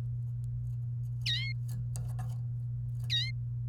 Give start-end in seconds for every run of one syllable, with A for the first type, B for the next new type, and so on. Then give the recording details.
1.25-1.52 A, 3.10-3.31 A. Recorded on 29 April 2018 at 09:14. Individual llb3